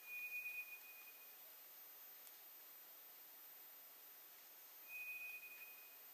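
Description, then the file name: White's thrush song: two drawn-out monotone whistles, one at the start and another about five seconds later, each pure and unwavering, against soft hiss. Recorded on 2 July 2007. "toratugumi-20070702"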